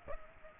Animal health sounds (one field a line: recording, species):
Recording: mosquito wingbeat signal from an infrared sensor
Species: Aedes aegypti